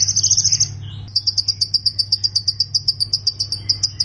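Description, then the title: Plain prinia singing a rapid series of high, buzzy chirps, with a brief rattled trill at the start, over a steady low hum. "Ciblek Sawah"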